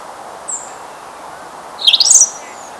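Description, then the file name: European robin giving a brief, thin, high twittering phrase after a faint single high note, over a steady soft background hiss. "Erithacus rubecula"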